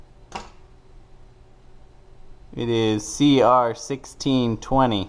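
An old CR1620 coin-cell battery is pried out of its holder in an opened Honda car key fob (CR-V, Civic, Accord, Pilot, Odyssey) with a small flathead screwdriver. A single short, sharp pop at 0.4 s marks the battery coming free, and someone talks from about 2.6 s onward. The battery is released from the fob.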